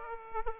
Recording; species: mosquito wingbeat signal from an infrared sensor; Aedes aegypti